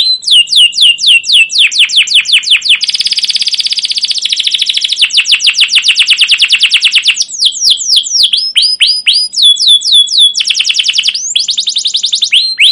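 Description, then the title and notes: Canary song alternating crisp downward chirp series with dense rolling trills, switching patterns several times in a continuous, energetic performance. Caged canary song used as a lure to stimulate and tutor young canaries learning sounds; style described as cuit cuit, ngerol, gacor panjang (long continuous rolling chirps). "CUIT CUIT NGEROL LANGSUNG GACOR PANJANG Kenari Ini AMPUH Utk Pancingan KENAR. PANCINGAN Kenari GACOR PANJANG Cuit CUIT EMOSI ini AMPUH utk MASTERAN Kenari PAUD belajar BUNYI. burung kenari"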